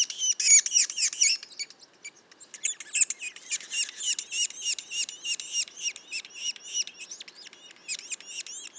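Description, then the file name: Yellow-bellied sapsucker young calling with shrill, scratchy squeaks, quickly repeated with brief gaps and uneven loudness. Juveniles; Mont-Orford National Park, Quebec. "pic macule. parc national du mont orford"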